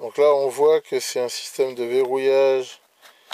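Someone talks while handling a Mustool G600 USB microscope, fitting the microscope body's locking mount onto its adapter or stand mount. Nothing has seated or clicked yet; the clip ends just before the part goes home.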